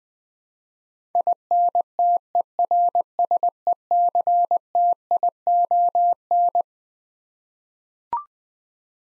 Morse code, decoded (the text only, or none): INTERSECTION